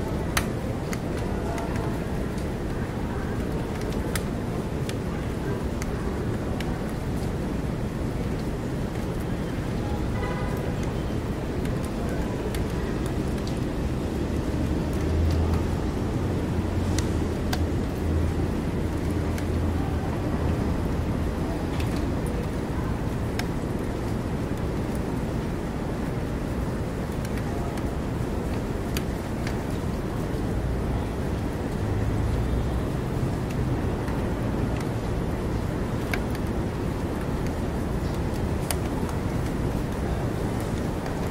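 Rain and city noise come through an open window in New York City, a steady dense wash with a low traffic rumble underneath. Engine hum swells around 15–20 seconds and again near 32 seconds, with scattered sharp ticks and faint voices.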